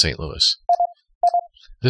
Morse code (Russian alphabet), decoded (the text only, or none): none